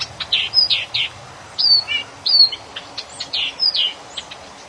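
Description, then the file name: Blyth's reed warbler song, a varied run of clicks, short buzzy notes and high slurred whistles in a steady chattering flow. "kamyshovka sadovaja"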